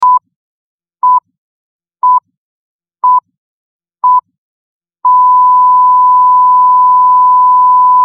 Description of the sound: Sound effect heart monitor and flatline.